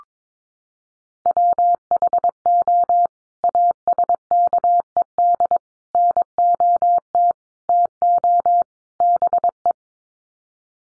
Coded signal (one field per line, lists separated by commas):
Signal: Morse code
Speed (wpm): 22 wpm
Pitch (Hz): 700 Hz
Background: none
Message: WHO ASKED NOT TO BE